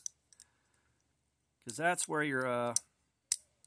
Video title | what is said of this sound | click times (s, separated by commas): Assembling the Jin Chubbee kit @jinknives | your uh bearings and washers sit now it's all clicked into place and we uh | 3.3 s